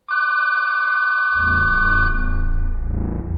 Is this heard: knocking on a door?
no